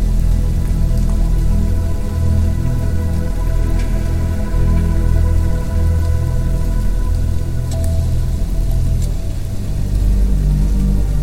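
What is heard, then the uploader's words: Steady rainfall patters over a soft, constant hiss, with a few sharper drops standing out near four and eight seconds. Underneath, a low sustained musical drone holds long notes, and a faint higher tone lingers throughout without much change. Relaxing Music, Rain & Nature Sounds. The gentle raindrops, relaxing rainfall and relaxing music blended with white noise in the background. The sound of a gentle rain tapping on the leaves above.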